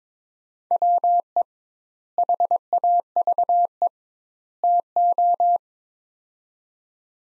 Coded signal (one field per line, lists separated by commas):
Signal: Morse code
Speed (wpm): 22 wpm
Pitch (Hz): 700 Hz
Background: none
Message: WE HAVE TO